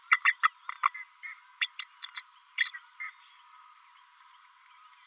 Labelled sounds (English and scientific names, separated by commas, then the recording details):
Green-rumped Parrotlet (Forpus passerinus) babbling
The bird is a female
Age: 32 days
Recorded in a nest box in Venezuela
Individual 17B32A5